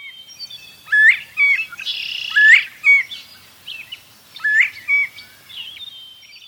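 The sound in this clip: Northern bobwhite giving several clear rising whistles, overlapped by other bird chirps and a harsh buzzy burst.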